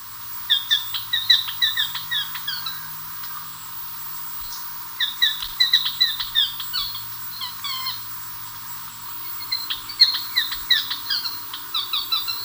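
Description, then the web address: Greater Scythebill calling in three bursts of quick, repeated whistled notes, each burst lasting about two to three seconds, separated by short pauses, over faint hiss. Recorded in Ecuador. "Birds of Ecuador 2. Greater Scythebill"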